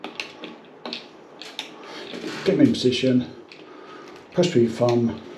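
Conductors are pushed with the thumb into the push-in wiring connector of a Collingwood H2 IP65 waterproof, fire-rated bathroom downlight while someone talks. Short, sharp handling ticks come near the start, around 0.0 to 1.6 s. Nothing has seated or clicked into place yet.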